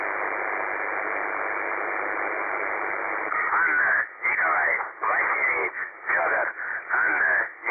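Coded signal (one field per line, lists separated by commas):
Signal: numbers station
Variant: UVB-76 (The Buzzer)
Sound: steady radio hiss, then a voice reading short words over the static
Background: radio static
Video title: The Buzzer/UVB-76 Voice Message (December 3, 2020 11:00 UTC)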